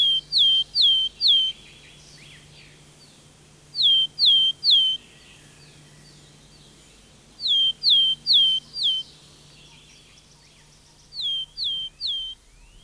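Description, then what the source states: Willow tit song, four phrases of three clear, downslurred whistles, repeated roughly every three to four seconds, with a low background hum. Willow tit song on a pine heath, called somewhat melancholy with reason, since the species has declined as decaying stumps where it digs its nest hole were cleared.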